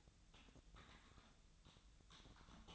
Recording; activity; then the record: daily activity, microphone in the room; typing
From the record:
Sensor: 3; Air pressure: 1009.4 hPa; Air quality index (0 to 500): 196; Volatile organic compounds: 16 ppm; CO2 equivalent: 2552 ppm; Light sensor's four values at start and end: 34/84/36/38 and 34/85/36/39